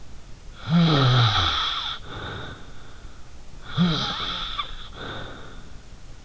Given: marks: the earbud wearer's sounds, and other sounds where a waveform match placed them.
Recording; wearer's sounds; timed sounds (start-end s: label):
sounds in sleep by an in-ear microphone; snoring breath
0.58-2.85 s: snoring breath
3.60-5.73 s: snoring breath